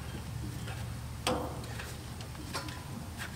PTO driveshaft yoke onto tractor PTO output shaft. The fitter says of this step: Push it up there until it snaps. Yep, but okay.